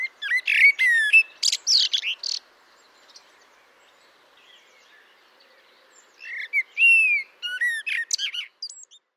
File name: merle noir